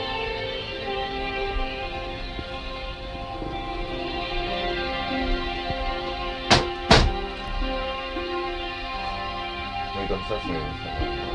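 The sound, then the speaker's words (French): A window being shut, heard as two quick, sharp thumps about half a second apart, rising above a steady wash of music and low voices that continue throughout. “Vous voulez que j'aille fermer la fenêtre?”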